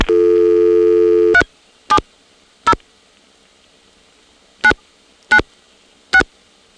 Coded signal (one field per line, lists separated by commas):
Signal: DTMF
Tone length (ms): 80 ms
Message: 370 996